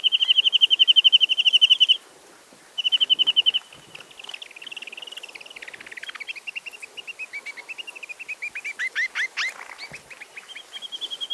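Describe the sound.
Chinese nuthatch calling with fast, steady high trills, followed by a longer run of varied chirping notes that rise and fall slightly.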